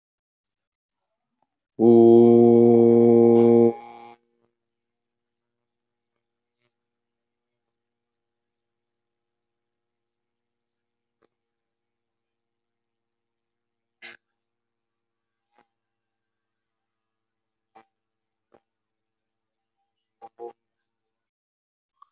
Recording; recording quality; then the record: sustained vowel as in boot; moderate, slight background noise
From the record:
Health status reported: exposed to COVID-19, no respiratory illness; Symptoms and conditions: none ticked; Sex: male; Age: 19 years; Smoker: not ticked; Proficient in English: yes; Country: India